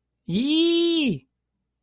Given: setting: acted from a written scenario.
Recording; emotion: vocal sound without words; elation